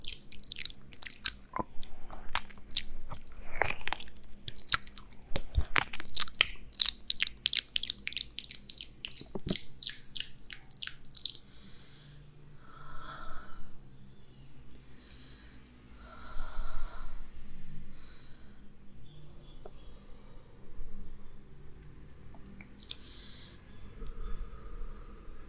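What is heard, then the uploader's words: Wet mouth sounds and ear-eating noises: dense clicks, smacks and squishes crowd the first ten seconds, bright and rapid. After that they thin to softer, sparser wet sounds and occasional sharp smacks over a low steady hum. ASMR para Dormir Rapidamente- Ear Eating y Mouth sounds. Combino el comer orejas con un ASMR mouth sounds.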